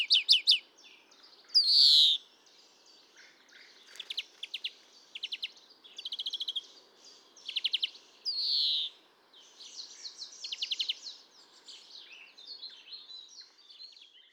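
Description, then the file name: European greenfinch with scattered twittering notes, short trills and two long wheezy nasal notes among quieter chatter. "Chloris chloris"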